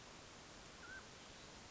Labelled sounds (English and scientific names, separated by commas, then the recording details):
Mountain Quail (Oreortyx pictus)
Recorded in Sonoma County, California